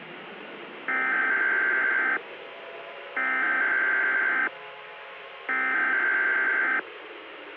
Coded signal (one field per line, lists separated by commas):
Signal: Emergency Alert System (SAME) tones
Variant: header bursts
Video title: FLARE - Zombie Virus EAS Scenario